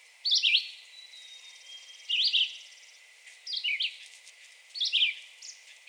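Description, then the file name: Red-eyed Vireo phrases: four short slurred whistles spaced over a second apart. Recorded on 2 June 2020. "2020-06-02 Red-eyed Vireo"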